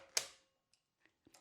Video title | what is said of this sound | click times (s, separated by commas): Best Overhead Camera Setup For Video | I just can mount it on like this. Listen for the click. | 0.2 s